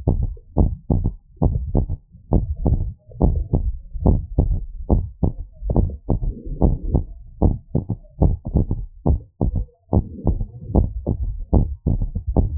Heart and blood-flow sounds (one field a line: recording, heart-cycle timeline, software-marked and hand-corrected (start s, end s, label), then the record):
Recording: heart sounds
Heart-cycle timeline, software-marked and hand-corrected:
0.00	0.14	systole
0.14	0.26	S2
0.26	0.60	diastole
0.60	0.72	S1
0.72	0.96	systole
0.96	1.06	S2
1.06	1.42	diastole
1.42	1.54	S1
1.54	1.76	systole
1.76	1.88	S2
1.88	2.32	diastole
2.32	2.44	S1
2.44	2.66	systole
2.66	2.80	S2
2.80	3.22	diastole
3.22	3.36	S1
3.36	3.62	systole
3.62	3.72	S2
3.72	4.04	diastole
4.04	4.20	S1
4.20	4.46	systole
4.46	4.58	S2
4.58	4.92	diastole
4.92	5.04	S1
5.04	5.24	systole
5.24	5.34	S2
5.34	5.74	diastole
5.74	5.88	S1
5.88	6.10	systole
6.10	6.20	S2
6.20	6.62	diastole
6.62	6.74	S1
6.74	6.92	systole
6.92	7.04	S2
7.04	7.42	diastole
7.42	7.54	S1
7.54	7.76	systole
7.76	7.84	S2
7.84	8.22	diastole
8.22	8.34	S1
8.34	8.56	systole
8.56	8.66	S2
8.66	9.06	diastole
9.06	9.18	S1
9.18	9.42	systole
9.42	9.54	S2
9.54	9.94	diastole
9.94	10.04	S1
10.04	10.28	systole
10.28	10.38	S2
10.38	10.74	diastole
10.74	10.88	S1
10.88	11.10	systole
11.10	11.18	S2
11.18	11.54	diastole
11.54	11.68	S1
11.68	11.92	systole
11.92	12.04	S2
12.04	12.36	diastole
12.36	12.50	S1
12.50	12.58	systole
From the record:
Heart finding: normal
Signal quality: good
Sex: female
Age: 25 years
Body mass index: 19.5